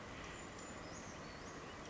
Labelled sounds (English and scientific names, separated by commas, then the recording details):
Brown Creeper (Certhia americana)
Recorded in Sonoma County, California